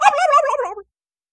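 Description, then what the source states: Turkey gobble, a single short rapid warbling burst that falls slightly in pitch, lasting under a second, then silence. Barnyard turkey.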